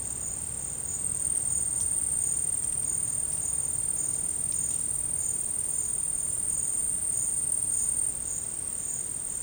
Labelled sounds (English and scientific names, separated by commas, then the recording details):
none
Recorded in secondary vegetation near Puerto Asís, Putumayo, Colombia, on 19 March 2025 at 13:30
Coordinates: 0.502, -76.326
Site G100